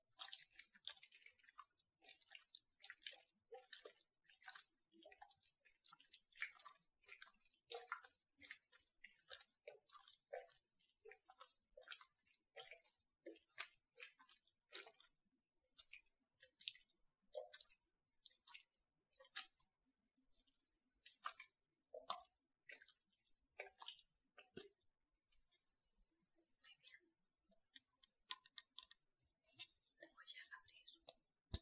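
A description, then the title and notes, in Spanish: Someone brushes their teeth, the brush making quick, dense bursts of bright scratchy scrubbing that come in irregular runs throughout. Wet mouth sounds and small squishy clicks mix in, with brief gaps between strokes and a few sharper ticks near the end. ASMR Cepillo mis dientes.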